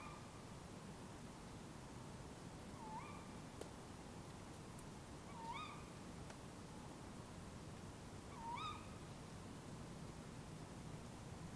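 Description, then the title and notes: Tawny owl calls: three sharp, upward-inflected notes spaced a few seconds apart, over steady low background noise. Two tawny owls calling in an urban setting in Surrey, England, recorded with a Sony D100 out of a bedroom window. "190204 Urban Tawny Owls. Couple of Tawny Owls calling, Surrey, England. Recorded with Sony D100 out the bedroom window"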